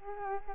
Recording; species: mosquito wingbeat signal from an infrared sensor; Culex quinquefasciatus